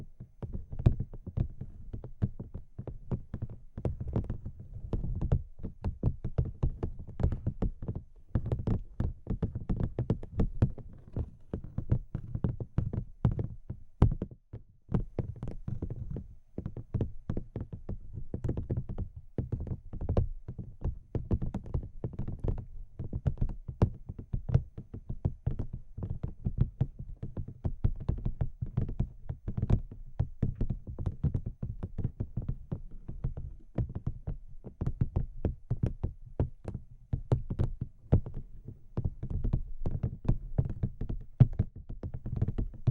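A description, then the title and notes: Soft tapping and touching sounds with some scratching, dense and continuous for the whole stretch with only brief gaps. The taps are muffled and low, with faint crisp clicks on top and no talking. Touching & Tapping Your Face (No Talking) Camera Tapping, Scratching, etc.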